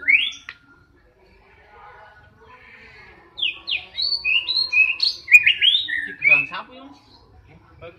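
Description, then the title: Oriental magpie-robin song: a short whistle, then a near-silent stretch, then a lively burst of quick, varied whistled and chirping notes. "kacer"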